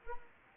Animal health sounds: mosquito wingbeat signal from an infrared sensor; Anopheles arabiensis

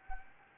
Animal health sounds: mosquito wingbeat signal from an infrared sensor; Anopheles gambiae

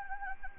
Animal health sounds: mosquito wingbeat signal from an infrared sensor; Anopheles gambiae

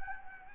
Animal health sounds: mosquito wingbeat signal from an infrared sensor; Anopheles gambiae

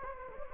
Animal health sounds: mosquito wingbeat signal from an infrared sensor; Anopheles gambiae

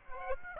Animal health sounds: mosquito wingbeat signal from an infrared sensor; Aedes aegypti

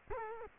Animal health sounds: mosquito wingbeat signal from an infrared sensor; Culex quinquefasciatus

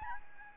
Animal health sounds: mosquito wingbeat signal from an infrared sensor; Aedes albopictus

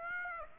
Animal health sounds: mosquito wingbeat signal from an infrared sensor; Aedes aegypti

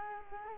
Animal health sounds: mosquito wingbeat signal from an infrared sensor; Culex quinquefasciatus

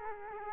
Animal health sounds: mosquito wingbeat signal from an infrared sensor; Culex quinquefasciatus

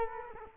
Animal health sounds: mosquito wingbeat signal from an infrared sensor; Culex quinquefasciatus

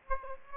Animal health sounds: mosquito wingbeat signal from an infrared sensor; Aedes aegypti

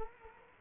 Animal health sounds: mosquito wingbeat signal from an infrared sensor; Culex quinquefasciatus

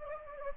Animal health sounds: mosquito wingbeat signal from an infrared sensor; Anopheles gambiae

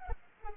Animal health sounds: mosquito wingbeat signal from an infrared sensor; Culex pipiens

